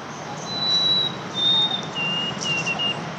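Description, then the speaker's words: White-throated Sparrow song: clear whistled notes, two long high whistles, then a lower note and short repeated whistles, over a steady background hiss. Song usually written 'Old Sam Peabody Peabody Peabody'; sung one April morning by a single bird that alternated it with a warbler song. "Now that is the song of the much more common white-throated sparrow."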